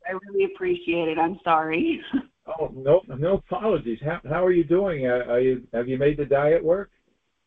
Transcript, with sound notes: I really appreciate it. I'm sorry. (laughs)
Oh, no, no apologies. H- how are you doing? Uh, are you, have you made the diet work?